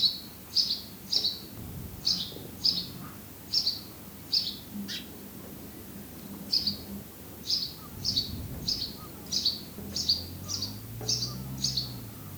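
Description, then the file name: House sparrow chirps repeated in a fairly even run, short clipped notes with a brief gap midway, and a low rumble underneath. "Passer domesticus"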